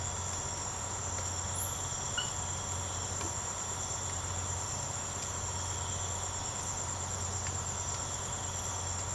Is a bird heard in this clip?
no